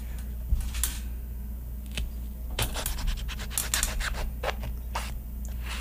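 A knife saws through a hard, sandpaper-like passion fruit shell on a plastic cutting surface, making a series of dry, scratchy strokes, some quick and clustered, others single, over a steady low hum.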